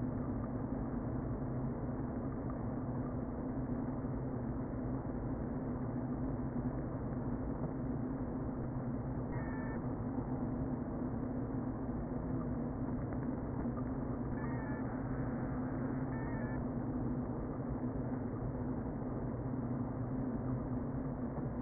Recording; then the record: honeybee colony, microphone inside the hive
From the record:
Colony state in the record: queen present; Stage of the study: before two queens were removed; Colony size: about 60,000 bees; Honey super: yes